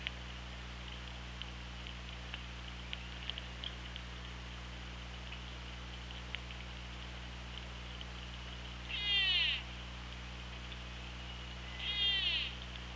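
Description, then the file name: Orca makes two buzzy pulsed calls about three seconds apart, each short and rasping, against constant underwater noise and low droning hum. Recorded on the OrcaLab hydrophone, 24 August 2017, 18:11. "Orca Lab UTLN 20170824 181144"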